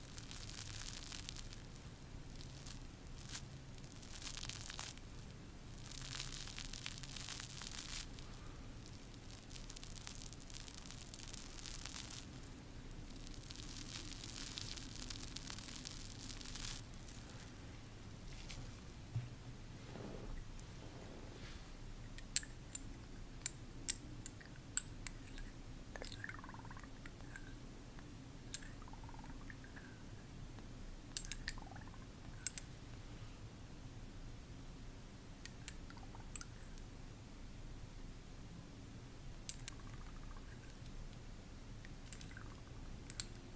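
Skin care ASMR with no talking, built on a steady low hum. The first seventeen seconds carry a dense, bright hiss of rubbing or spraying; after that come scattered soft taps, clicks and small squishing sounds every second or two.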